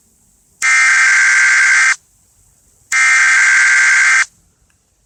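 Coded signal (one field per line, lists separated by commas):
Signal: Emergency Alert System (SAME) tones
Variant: header bursts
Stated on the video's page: Fictional EAS scenario, presented live and uncut.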